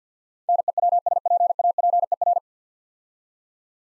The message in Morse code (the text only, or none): NEWSPAPER